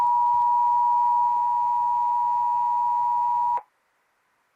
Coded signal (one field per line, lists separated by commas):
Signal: Emergency Alert System (SAME) tones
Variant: 853 and 960 Hz attention tone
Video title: Los Angeles Required Monthly Test on KTLA-TV 5/25/2021 (EAS #602)